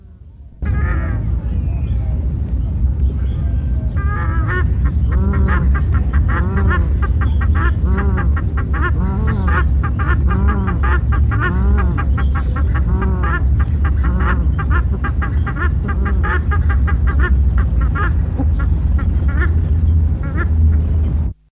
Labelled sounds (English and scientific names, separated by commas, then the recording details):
Paradise Shelduck (Tadorna variegata) call
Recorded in captivity
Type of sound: call
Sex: pair
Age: adult
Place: Zoo Hannover, Niedersachsen, DE
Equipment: Halbspur, 9,5 cm/s
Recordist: Lütgens, Hans
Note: Ein Paar umherlaufend